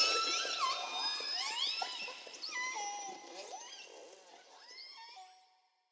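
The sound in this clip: Whale song: a string of clear whistled sweeps, some rising and some falling, with overlapping tones that fade out toward the end.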